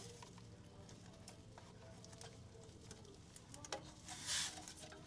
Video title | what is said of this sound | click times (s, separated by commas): PV4 Brake Proportional Valve Disc to Disc Install - Old School Saturday | Oh, there we go. Snap right in. That's a nice snap. | 3.7 s